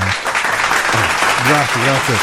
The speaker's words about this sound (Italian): Grazie a tutti per gli applausi.